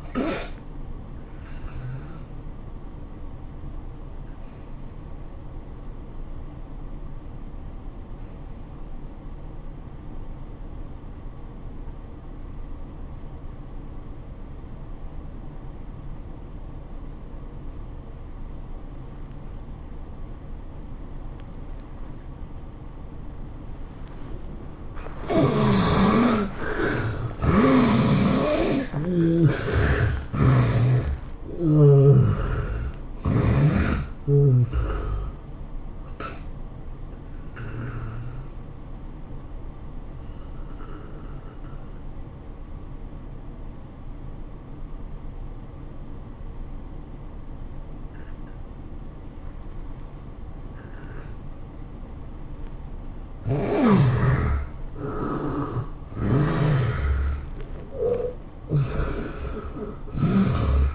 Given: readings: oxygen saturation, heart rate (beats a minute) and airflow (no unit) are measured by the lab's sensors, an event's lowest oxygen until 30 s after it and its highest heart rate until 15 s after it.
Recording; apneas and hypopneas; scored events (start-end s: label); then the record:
breathing in sleep by a smartphone at the bedside; 2
4.00-25.40 s: obstructive apnea (N1, oxygen 96% highest, then 71% lowest, heart rate 102 at the start, 108 highest)
35.00-55.90 s: hypopnea (N1, oxygen 84% highest, then 81% lowest, heart rate 107 at the start, 108 highest)
From the record:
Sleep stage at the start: N1 (lightest sleep); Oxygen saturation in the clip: 71 to 96%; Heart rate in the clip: 79 to 109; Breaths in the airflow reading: 9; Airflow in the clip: -10.6 to 12.2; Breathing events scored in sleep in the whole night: 403 in 5.5 hours asleep